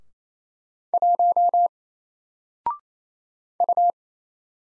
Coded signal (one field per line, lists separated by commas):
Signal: Morse code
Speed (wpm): 28 wpm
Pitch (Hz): 700 Hz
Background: none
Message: 1 U